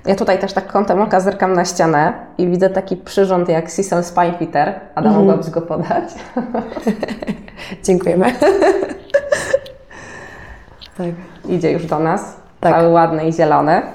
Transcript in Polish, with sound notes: Tutaj też tak kątem oka zerkam na ścianę i widzę taki przyrząd jak SISSEL Spinefitter. Ada, mogłabyś go podać? [śmiech] Dziękujemy. Tak idzie już do nas, ale ładne i zielone.